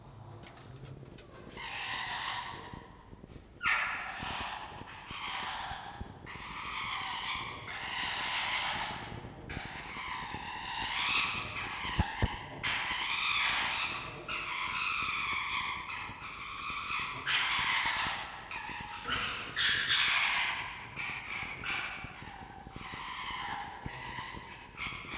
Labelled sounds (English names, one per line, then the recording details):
Red Fox
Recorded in captivity
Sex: diverse
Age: adult
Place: Zoologisches Institut der HUB, Berlin, DE
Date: 1952-02-06 19:30
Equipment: Elmetra
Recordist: Tembrock, Günter